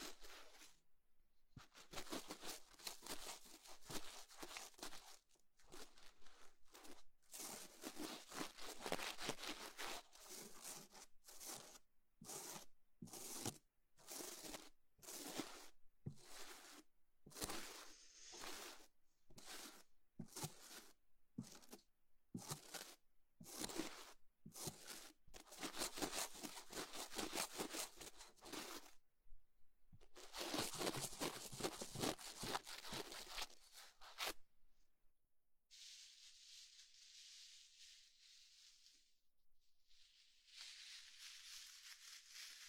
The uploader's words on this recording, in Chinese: 用奇奇怪怪的物品放松你的耳朵哦。